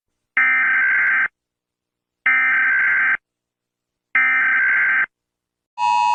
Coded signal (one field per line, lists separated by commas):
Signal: Emergency Alert System (SAME) tones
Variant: header bursts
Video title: Usa Eas (Emergency Alert System) alarm